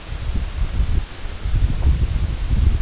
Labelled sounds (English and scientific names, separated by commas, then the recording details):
none
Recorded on Arctic tundra, site EABA-1, on 23 June 2018
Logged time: 22:00